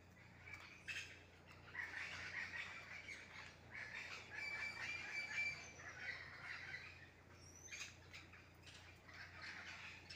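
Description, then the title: Parakeets chattering, overlapping harsh screeches and squawks in a steady, busy stream, with a brief high whistled note near the middle. Wild green parakeets at 6:15 AM in a garden mango tree, feeding on mangoes, noisy as if partying or fighting, knocking mangoes down. "El Canto de los pericos en la mata de Mango"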